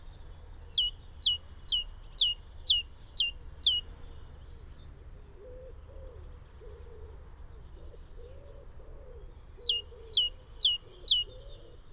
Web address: SETE Parus major